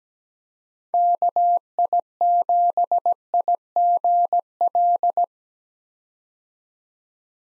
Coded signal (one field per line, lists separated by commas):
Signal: Morse code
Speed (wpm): 17 wpm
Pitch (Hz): 700 Hz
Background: none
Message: KI7IGL